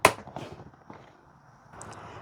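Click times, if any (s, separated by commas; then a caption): 0.0 s. A plastic interior access trim panel on a 2007-2012 Hyundai Santa Fe is slid into the rear cargo area side trim, with its two tabs facing the back, and pushed until it clicks. A very sharp, loud snap at 0.0 s opens the clip, and quieter knocks and rustles follow. The panel is seated.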